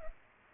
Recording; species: mosquito wingbeat signal from an infrared sensor; Culex pipiens